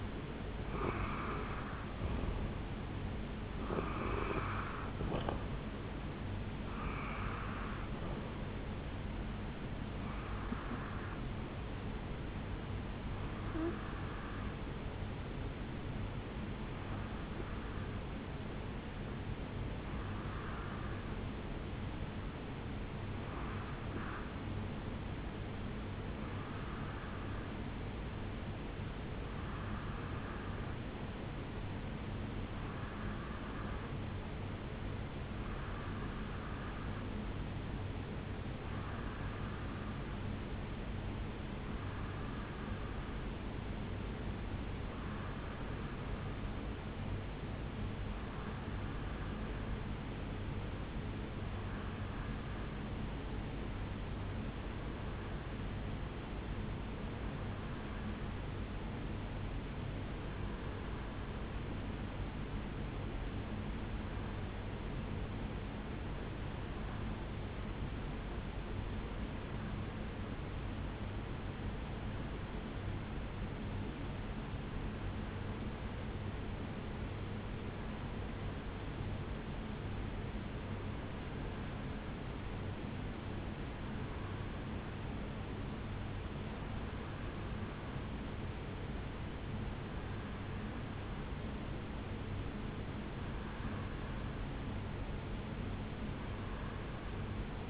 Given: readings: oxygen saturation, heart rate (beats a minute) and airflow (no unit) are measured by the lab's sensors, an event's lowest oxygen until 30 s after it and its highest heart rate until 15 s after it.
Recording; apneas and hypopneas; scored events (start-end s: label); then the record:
breathing in sleep by a voice recorder at the bedside; 1
30.00-84.50 s: hypopnea (REM, oxygen 95% highest, then 88% lowest, heart rate 66 at the start, 72 highest)
From the record:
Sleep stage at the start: REM sleep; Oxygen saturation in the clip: 88 to 95%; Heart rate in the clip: 65 to 76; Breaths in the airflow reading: 31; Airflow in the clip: -7.7 to 4.8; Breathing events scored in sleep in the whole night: 449 in 7.0 hours asleep